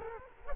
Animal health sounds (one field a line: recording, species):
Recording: mosquito wingbeat signal from an infrared sensor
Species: Culex quinquefasciatus